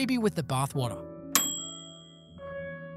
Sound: bell